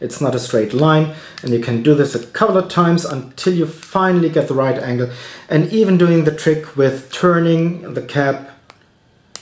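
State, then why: Seated. Someone talks while posting the cap of a small Stipula Passaporto fountain pen onto the back end of its barrel, twisting the cap to find the right angle. After the talking stops, a faint tick comes at 8.7 s and a sharp click at 9.4 s as the cap seats onto the barrel.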